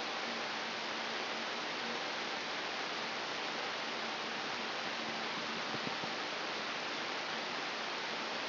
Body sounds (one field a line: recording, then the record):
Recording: brain microelectrode recording played as sound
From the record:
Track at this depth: inside the subthalamic nucleus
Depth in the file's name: 6.532 mm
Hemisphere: right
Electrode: 3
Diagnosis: Parkinson's disease